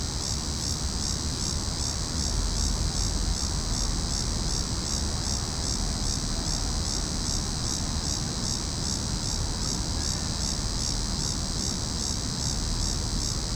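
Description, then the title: Cicada chorus holding a constant high, rhythmically pulsing buzz, with a heavy low-pitched rumble running underneath. Several cicadas calling in a tree. "neoscenes: cicadas in tree"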